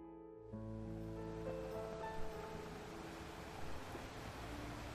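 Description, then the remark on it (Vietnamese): A steady, hissing wash of ocean surf rolling onto the shore, with sustained musical tones layered over it and no talking. “Hôm nay biển đẹp thật”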